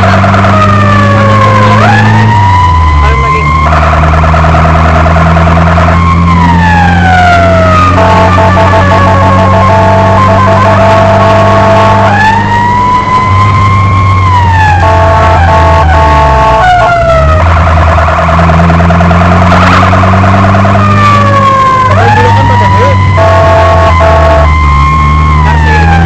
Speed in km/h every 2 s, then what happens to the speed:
48, 58, 57, 62, 67, 70, 73, 71, 55, 40, 51, 54, 38.
0-13 speeds up to 73. 13-17 brakes to 40. 22-26 brakes to 38.